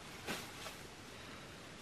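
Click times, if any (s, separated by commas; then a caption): none. A spool is fitted onto an ice-fishing reel in the cold, but its small locking pin does not go into place, so the spool will not stay on. Against steady broadband hiss, two faint brief rustling bursts are heard at about 0.3 and 0.7 seconds. Nothing has seated or clicked.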